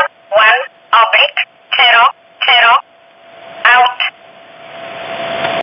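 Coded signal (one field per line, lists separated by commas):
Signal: numbers station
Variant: E11 Oblique, English voice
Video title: 19 06 2019 E11 Oblique Numbers station in English 0640 on 15800 unknown tx site in USB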